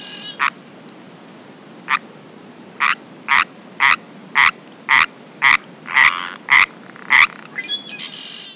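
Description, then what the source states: Sierran treefrog giving a series of short, raspy croaks, starting sparse then repeating about every half second, with faint low background noise. Calling in daylight.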